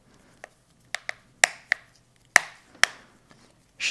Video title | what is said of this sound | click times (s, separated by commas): Garmin nüvi GPS Shutting Off ~ Battery Not Holding Charge ~ Replacement (3790T, 3790LMT) | hear these satisfying clicks as you go around | 1.1 s, 1.4 s, 1.7 s, 2.4 s, 2.8 s